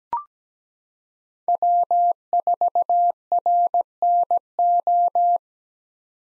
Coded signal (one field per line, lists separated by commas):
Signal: Morse code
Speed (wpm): 17 wpm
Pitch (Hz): 700 Hz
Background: none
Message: W4RNO